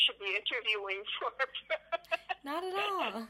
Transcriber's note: laughs